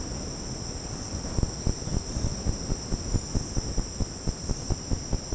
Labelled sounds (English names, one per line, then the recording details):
none
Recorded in secondary vegetation near Puerto Asís, Putumayo, Colombia, on 13 March 2025 at 09:00
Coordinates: 0.481, -76.318
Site G097